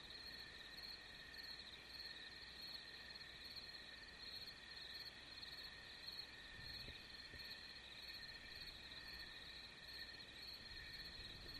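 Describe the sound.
Crickets give steady, layered high trills, with a brief low thump partway through.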